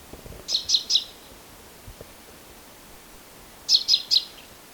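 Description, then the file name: Common chaffinch calls: a quick series of three sharp, high notes, repeated once about three seconds later, over a steady low background hiss. "Fringilla coelebs"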